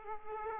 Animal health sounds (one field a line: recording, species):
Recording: mosquito wingbeat signal from an infrared sensor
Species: Aedes aegypti